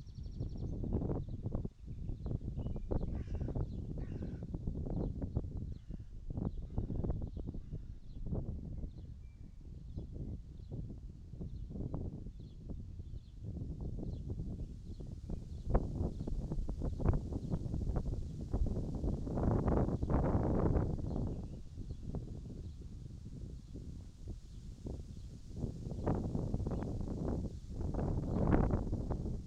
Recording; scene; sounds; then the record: everyday scene through a hearing-aid microphone; wind on the microphone; wind, birds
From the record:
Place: in front of a rural house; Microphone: in the ear canal, right